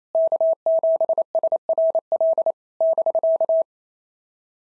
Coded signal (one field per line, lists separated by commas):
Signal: Morse code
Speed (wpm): 25 wpm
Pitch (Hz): 650 Hz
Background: none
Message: K7SRL <BK>